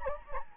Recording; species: mosquito wingbeat signal from an infrared sensor; Anopheles gambiae